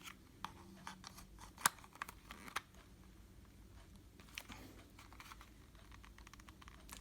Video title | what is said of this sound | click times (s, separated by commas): TOOVREN Car Cup Holder Mount, 2-in-1 Tablet & Smart Phone Mount Review | tight this time it didn't snap in on the video it did but that's okay with me | none